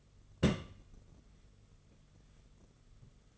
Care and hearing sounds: daily activity, microphone in the room; place on stove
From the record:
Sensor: 4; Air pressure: 995.3 hPa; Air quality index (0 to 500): 215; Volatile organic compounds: 255 ppm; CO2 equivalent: 4374 ppm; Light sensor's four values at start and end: 24/76/29/31 and 24/76/29/31

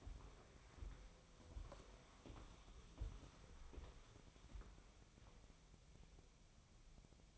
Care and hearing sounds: daily activity, microphone in the room; walk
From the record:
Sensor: 1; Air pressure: 1015.3 hPa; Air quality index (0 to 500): 132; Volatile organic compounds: 5 ppm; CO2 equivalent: 1810 ppm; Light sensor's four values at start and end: 12/30/12/14 and 12/29/12/13

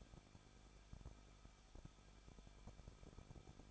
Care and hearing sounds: daily activity, microphone in the room; no activity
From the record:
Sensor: 5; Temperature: 20.8 degrees Celsius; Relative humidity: 38.3%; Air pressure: 1006.6 hPa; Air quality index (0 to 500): 185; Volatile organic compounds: 17 ppm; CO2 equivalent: 2593 ppm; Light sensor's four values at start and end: 2/3/1/1 and 2/3/1/1

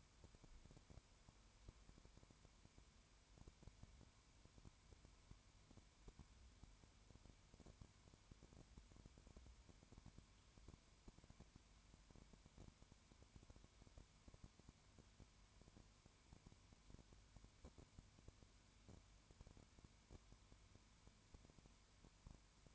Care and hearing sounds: daily activity, microphone in the room; no activity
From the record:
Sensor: 2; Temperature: 20.0 degrees Celsius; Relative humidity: 32.1%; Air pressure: 1001.1 hPa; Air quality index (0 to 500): 55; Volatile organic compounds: 1 ppm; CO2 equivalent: 605 ppm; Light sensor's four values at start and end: 2/3/2/2 and 2/3/2/2

